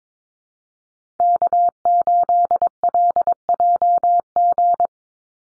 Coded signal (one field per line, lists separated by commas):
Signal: Morse code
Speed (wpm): 22 wpm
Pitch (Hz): 700 Hz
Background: none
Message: K8LJG